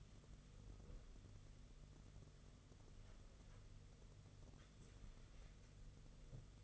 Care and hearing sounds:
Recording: daily activity, microphone in the room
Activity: wipe stove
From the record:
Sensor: 4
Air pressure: 995.4 hPa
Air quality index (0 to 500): 214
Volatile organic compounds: 248 ppm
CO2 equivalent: 4356 ppm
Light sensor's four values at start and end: 24/75/28/31 and 24/74/28/31

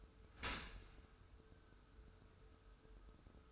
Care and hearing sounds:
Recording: daily activity, microphone in the room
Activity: open dishwasher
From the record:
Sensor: 2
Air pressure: 1014.8 hPa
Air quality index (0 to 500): 26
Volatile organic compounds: 1 ppm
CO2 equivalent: 506 ppm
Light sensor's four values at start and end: 10/23/10/10 and 10/23/10/10

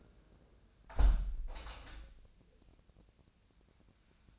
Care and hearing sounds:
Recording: daily activity, microphone in the room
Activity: close window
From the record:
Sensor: 2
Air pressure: 1012.2 hPa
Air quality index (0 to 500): 127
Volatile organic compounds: 1 ppm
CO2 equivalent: 938 ppm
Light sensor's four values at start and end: 174/419/176/185 and 174/419/176/183

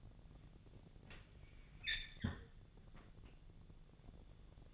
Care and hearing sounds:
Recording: daily activity, microphone in the room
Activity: close fridge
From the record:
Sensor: 4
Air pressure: 1000.9 hPa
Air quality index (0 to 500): 132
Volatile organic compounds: 2 ppm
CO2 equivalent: 980 ppm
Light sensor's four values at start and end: 29/69/29/31 and 31/76/32/34

